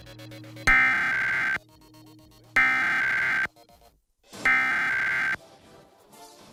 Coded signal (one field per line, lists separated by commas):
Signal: Emergency Alert System (SAME) tones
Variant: header bursts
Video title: Various Emergency Alert System (EAS) Tests - Month of 1/2022